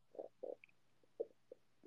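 Five or six short, soft gurgles in under two seconds: ordinary adult stomach rumbling (borborygmi) over faint room hum.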